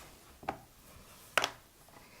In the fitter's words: start to hear all the snaps snap